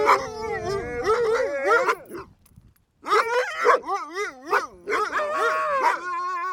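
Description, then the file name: Sled dogs whining and yelping together, warbling pitches sliding up and down in dense overlapping bursts, broken by one short silence. Several sled dogs barking and whining, recorded in stereo. "freesound sled dogs"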